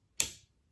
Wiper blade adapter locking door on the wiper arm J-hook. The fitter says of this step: now you're nice and firm in place and you close the little trap door until it clicks like